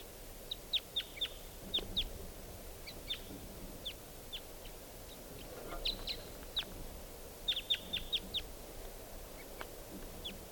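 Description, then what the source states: Red Crossbill (type 2) calls: sharp descending chips in loose clusters, sometimes three or four in quick succession, with pauses between, over faint steady background noise. Lone wild type 2 bird sitting in a treetop by itself.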